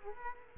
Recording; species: mosquito wingbeat signal from an infrared sensor; Culex quinquefasciatus